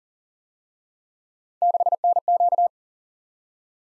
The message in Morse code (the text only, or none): 6NQ